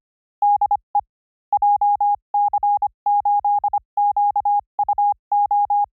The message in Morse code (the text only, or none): DE JC8QUO